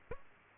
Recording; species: mosquito wingbeat signal from an infrared sensor; Aedes aegypti